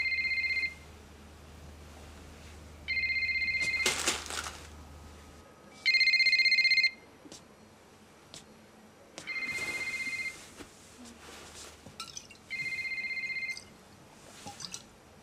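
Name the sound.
telephone ringing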